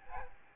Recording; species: mosquito wingbeat signal from an infrared sensor; Aedes albopictus